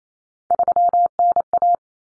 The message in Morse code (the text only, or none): 3NA